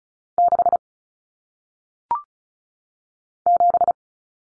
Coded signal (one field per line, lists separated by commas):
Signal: Morse code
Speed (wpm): 36 wpm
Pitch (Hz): 700 Hz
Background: none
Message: 6 7